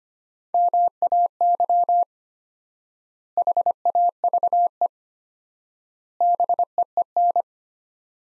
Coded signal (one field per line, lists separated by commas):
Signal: Morse code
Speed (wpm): 25 wpm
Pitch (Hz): 700 Hz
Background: none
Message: MAY HAVE BEEN